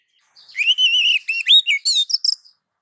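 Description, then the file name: Oriental magpie-robin giving a single two-second phrase: a long steady whistle followed by quick varied slurred notes, ending in higher chirps. Female calling the male. "Suara Kicau Burung Kacer Betina Memanggil Jantan"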